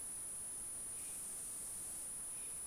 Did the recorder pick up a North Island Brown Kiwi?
no